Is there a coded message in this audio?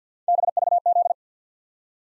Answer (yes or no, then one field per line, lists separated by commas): yes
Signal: Morse code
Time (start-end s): 0.3-1.1 s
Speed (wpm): 49 wpm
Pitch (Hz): 700 Hz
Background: none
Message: BVZ